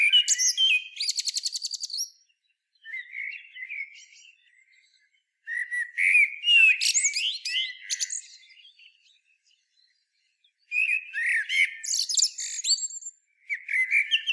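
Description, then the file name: Common blackbird song, fluted warbling phrases mixed with high squeaky twitters, in bursts separated by short pauses. "Turdus merula"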